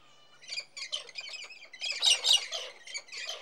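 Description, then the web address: Galahs screeching together, a harsh chattering mix of squawks that swells to louder shrieks past the middle, then eases. Several birds. "BBC Sound Effects Library. Roseate Cockatoos"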